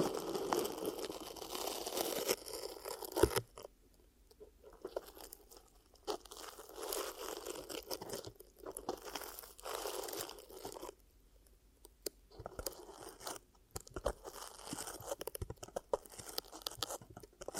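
Ear cupping makes a crunchy, crackling rustle of hands over the microphone. A dense, continuous stretch fills the first three seconds, then the sound comes in uneven bursts of about a second, separated by short near-silent pauses, with a low steady hum underneath.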